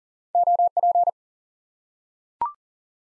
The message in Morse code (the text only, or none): OP